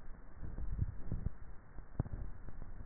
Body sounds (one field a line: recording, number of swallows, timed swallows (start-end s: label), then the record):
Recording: swallowing sounds by neck microphone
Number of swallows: 1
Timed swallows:
0.33-1.17 s: swallow
From the record:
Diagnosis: dysphagia